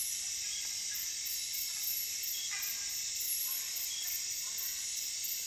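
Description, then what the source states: Cicada song: a steady, dense high-pitched hiss with a faintly pulsing shimmer at the very top, continuing without break, and soft scattered chirps below. Recorded at night.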